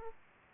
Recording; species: mosquito wingbeat signal from an infrared sensor; Aedes aegypti